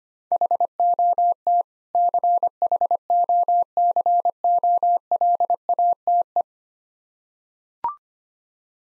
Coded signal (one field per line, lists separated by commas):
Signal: Morse code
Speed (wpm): 25 wpm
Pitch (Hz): 700 Hz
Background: none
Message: HOT CHOCOLATE